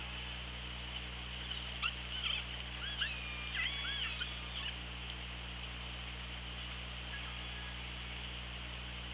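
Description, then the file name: Killer whale call series, a cluster of looping, bending whistles with harmonics between about two and five seconds, then only hiss and constant low hum. Recorded on an OrcaLab hydrophone, 24 August 2017 at 15:49. "Orca Lab UTLN JASON 20170824 154929"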